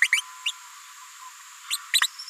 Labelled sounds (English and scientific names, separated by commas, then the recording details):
Green-rumped Parrotlet (Forpus passerinus) babbling
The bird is a female
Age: 30 days
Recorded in a nest box in Venezuela
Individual 17B73B2